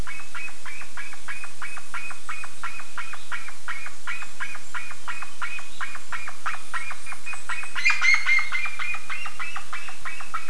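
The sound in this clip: Bird call series: quick clipped notes repeated steadily throughout, joined around the eighth second by a louder, busier burst of sharper notes.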